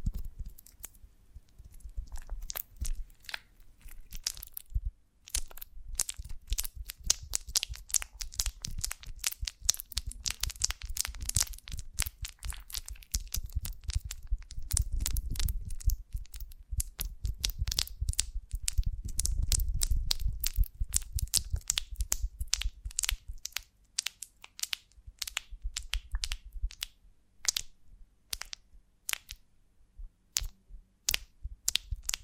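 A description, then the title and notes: Honeycomb on a branch gives dense, crisp crackles and sticky snaps, thickest in the middle, with a low rumble, thinning to sparse clicks near the end. ASMR of a Honeycomb on Branch (No Talking).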